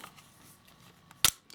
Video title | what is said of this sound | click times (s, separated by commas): Nikon F3 Overview / Review Part 2 featuring the MD-4 Motor Drive | clicks into place | 1.2 s